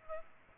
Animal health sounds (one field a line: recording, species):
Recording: mosquito wingbeat signal from an infrared sensor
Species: Aedes aegypti